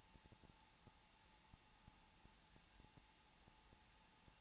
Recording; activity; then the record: daily activity, microphone in the room; no activity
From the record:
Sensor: 1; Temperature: 20.2 degrees Celsius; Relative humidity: 35.7%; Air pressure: 994.5 hPa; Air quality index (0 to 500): 182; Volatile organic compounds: 7 ppm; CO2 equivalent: 2000 ppm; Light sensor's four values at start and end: 1/2/1/1 and 1/2/1/1